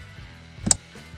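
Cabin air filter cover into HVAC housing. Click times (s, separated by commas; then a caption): 0.7 s. On a 2022–2025 Mitsubishi Outlander, the plastic cabin air filter access cover behind the glove box is swung closed like a door into the HVAC housing after its left tab is slid in. A faint contact at 0.7 s leads into a sharp click at 0.7 s, and the cover is seated and installed.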